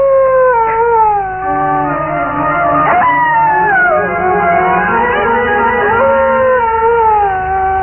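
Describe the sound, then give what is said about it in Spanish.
A lone dog howls on the moors in long, wavering, mournful tones that slide up and down in pitch, loud and unbroken for several seconds with no talking. “La luna iluminaba tenuemente el castillo de Boyer y un perro solitario aullaba en los páramos.”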